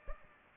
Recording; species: mosquito wingbeat signal from an infrared sensor; Aedes aegypti